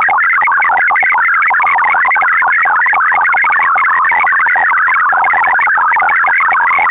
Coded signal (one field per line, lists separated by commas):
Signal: multi-tone FSK (Olivia or MFSK type)